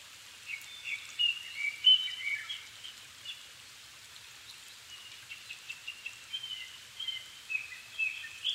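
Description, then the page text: Japanese thrush song: a run of clear, varied whistled phrases, some rising and some falling, repeated over a steady hiss of rain. Japan, 7 May 2011 at 17:59, altitude 270 m; recorded with Sony PCM-D50 and Panasonic WM-61A mic. "Turdus cardis [Sounds -Nikko Today-]"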